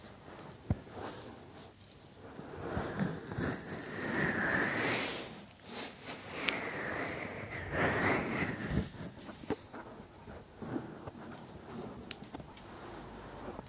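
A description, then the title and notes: ASMR massage of hands rubbing and brushing in slow swelling waves, loudest around four to eight seconds, with occasional sharp taps. Asmr Massage 3Dio.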